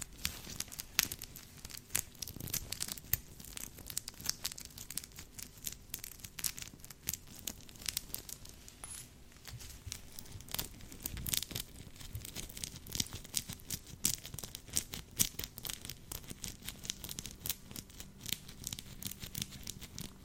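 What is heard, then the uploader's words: Gloved hands scratch in a dense, irregular stream of short rasping and crinkling strokes that runs the full length without pause. The strokes are bright and papery, with a soft low rumble and occasional heavier thumps, notably around two and eleven seconds. ASMR Scratching (With Gloves).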